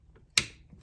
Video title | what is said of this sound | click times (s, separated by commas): Ford 2.0 Ecoboost Valve Cleaning How-To | like I said just push hard and you'll hear it click | 0.4 s